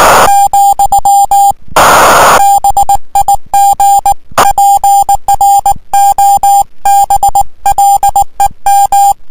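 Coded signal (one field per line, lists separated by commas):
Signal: Morse code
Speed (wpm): 19 wpm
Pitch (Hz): 800 Hz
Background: music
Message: , BIG PROBLEM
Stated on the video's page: CW contact on 18.093 MHz with a 599 report, worked from an amateur station in Thailand.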